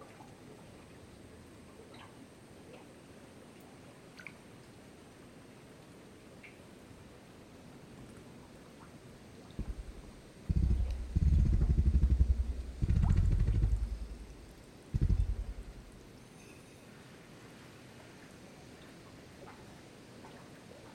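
An outdoor recording from Big Cypress Preserve, Florida: a quiet, steady hiss with a thin high whine and scattered faint ticks and chirps. From about ten to sixteen seconds, several loud, deep rumbling bursts break in, then the quiet background returns.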